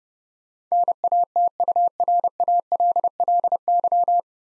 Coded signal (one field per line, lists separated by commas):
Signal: Morse code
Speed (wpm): 30 wpm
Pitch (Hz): 700 Hz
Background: none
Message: NATURALLY